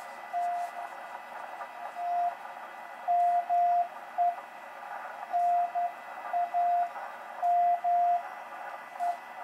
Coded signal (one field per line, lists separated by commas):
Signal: Morse code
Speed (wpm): 11 wpm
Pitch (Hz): 700 Hz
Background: radio noise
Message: TT ME NAME